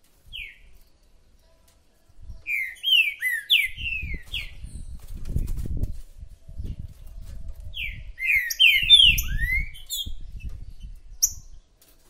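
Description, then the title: Green-winged saltator song: slurred whistled notes, mainly in two bursts, with high chips, over low background noise. Chirping, singing and territorial calls in a contest between two birds, used to warm up a bird for competition. "Macheando na DISPUTA|Diplomata vs Águia"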